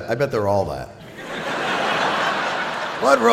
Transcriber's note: soundbite of laughter